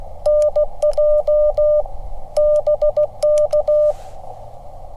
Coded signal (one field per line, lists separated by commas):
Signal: Morse code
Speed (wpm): 16 wpm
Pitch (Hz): 600 Hz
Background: none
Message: NJ BK